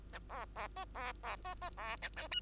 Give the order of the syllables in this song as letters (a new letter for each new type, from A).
A B B C B B C C B A D E